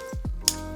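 A kit lens is lined up by its marks, pushed onto the camera body's bayonet mount and twisted until it locks. Two low sweeping tones sound over steady background music, and then one sharp, bright click comes at 0.5 s. The click confirms the lens is seated on the body.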